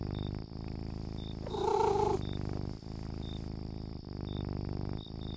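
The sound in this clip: Domestic cat purring steadily throughout, with one short harmonic mew near the middle; faint high chirps repeat in the background.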